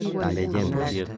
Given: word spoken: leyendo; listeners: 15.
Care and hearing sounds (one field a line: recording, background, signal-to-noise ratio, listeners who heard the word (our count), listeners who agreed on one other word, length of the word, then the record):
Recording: one Spanish word in noise, from a listening test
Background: four-talker babble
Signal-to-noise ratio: -1.6 dB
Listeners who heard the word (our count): 0 of 15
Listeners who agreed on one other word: 6 of 15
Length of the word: 0.77 s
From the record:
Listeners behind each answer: 6, 5, 1, 1, 1, 1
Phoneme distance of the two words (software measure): 10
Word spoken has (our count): 3 syllables, 7 phonemes, stress on syllable 2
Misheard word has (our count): 3 syllables, 7 phonemes, stress on syllable 2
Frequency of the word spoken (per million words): 16.73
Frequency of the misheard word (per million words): 21.73